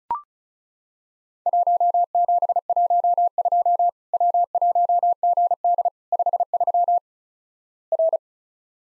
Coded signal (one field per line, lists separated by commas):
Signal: Morse code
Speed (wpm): 36 wpm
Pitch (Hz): 700 Hz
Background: none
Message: 1712 W1GD 53 R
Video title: Worked All Europe DX Contest QTC Exchange with Repeats 35wpm